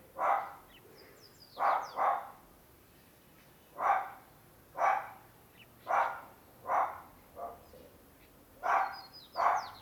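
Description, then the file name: Dog barking in brief yappy bursts, sometimes doubled, roughly once a second, with faint higher squeaky sounds alongside. Small dog barking near a corridor. "Cachorro de pequeno porte latindo perto de corredor"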